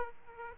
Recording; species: mosquito wingbeat signal from an infrared sensor; Aedes aegypti